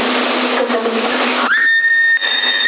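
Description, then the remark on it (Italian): Crackling, narrow CB radio static in Sassari, October 2021, then about halfway through a steady, high-pitched test whistle, received at 9.27, cuts in and holds unbroken over the hiss until the end. “9.27 sul fischio.”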